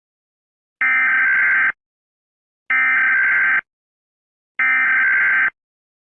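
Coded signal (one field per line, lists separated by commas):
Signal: Emergency Alert System (SAME) tones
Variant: header bursts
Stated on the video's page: Fictional EAS scenario containing valid EAS tones that can trigger real alert equipment.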